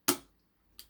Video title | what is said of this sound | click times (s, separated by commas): IntelNUC Setup for VMware ESX Server | and press it down and hear the click. | 0.1 s